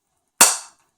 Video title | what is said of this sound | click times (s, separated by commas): Watercolor Paint Swatch and Comparison Shimmering Lights. How to keep paint pans from falling out | snap it into place, see? And now it's not moving around. | 0.4 s